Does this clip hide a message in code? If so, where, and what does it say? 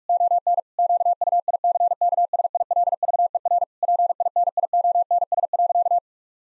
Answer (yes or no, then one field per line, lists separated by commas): yes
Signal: Morse code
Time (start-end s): 0.1-6.0 s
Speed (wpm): 41 wpm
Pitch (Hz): 700 Hz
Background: none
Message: ON QUICKSILVER PINIONS.